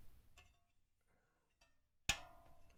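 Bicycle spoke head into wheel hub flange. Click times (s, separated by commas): 2.1 s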